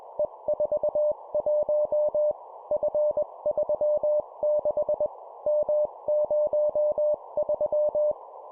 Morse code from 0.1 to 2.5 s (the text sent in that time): E41